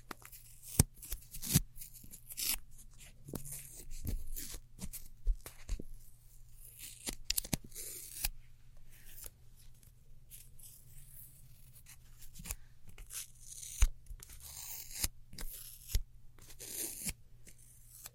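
Crafting sounds with glow sticks, slime, sticky tape and scissors: frequent sharp crackling and tearing bursts, some bright and hissy, scattered irregularly across the whole clip. Between them come softer rustles and squelches, over a steady low hum underneath.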